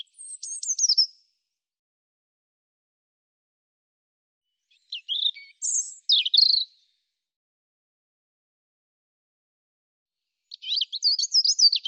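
European robin singing short, high, tumbling phrases of thin whistles and twitters, separated by pauses of several seconds, with no other sounds.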